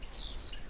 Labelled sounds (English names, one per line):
Stitchbird song